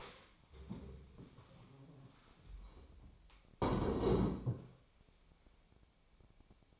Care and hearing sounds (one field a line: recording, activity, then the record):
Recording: daily activity, microphone in the room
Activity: stand up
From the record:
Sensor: 1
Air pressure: 1000.5 hPa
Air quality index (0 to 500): 176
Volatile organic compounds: 4 ppm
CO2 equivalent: 1626 ppm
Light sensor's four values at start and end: 13/30/12/14 and 13/30/13/14